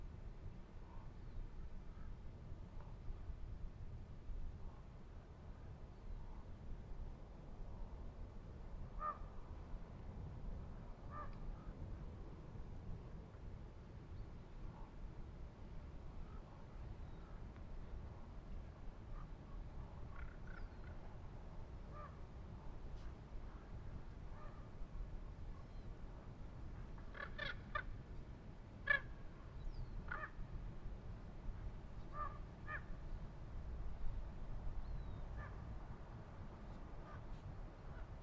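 Manzanita barren near Montclair, California: a steady low rumble, like far traffic, runs throughout. Short bird calls and caws sound sparsely over it, grouping into a brief busier burst around the 27–30 second mark before thinning out again.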